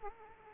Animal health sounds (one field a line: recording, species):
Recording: mosquito wingbeat signal from an infrared sensor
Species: Aedes aegypti